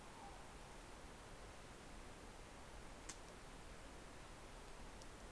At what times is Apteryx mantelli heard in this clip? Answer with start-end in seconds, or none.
none